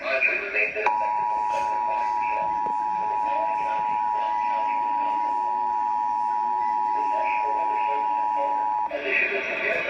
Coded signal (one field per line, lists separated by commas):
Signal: Emergency Alert System (SAME) tones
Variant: 853 and 960 Hz attention tone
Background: speech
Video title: Severe Thunderstorm Warning EAS #2